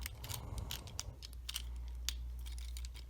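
A plastic section of a Transformers Studio Series Deluxe Class Dropkick action figure is pressed over after a long struggle, with light plastic handling ticks and rattles throughout. At 2.1 s a subtle click sounds as the section fits into its mating piece and locks into place.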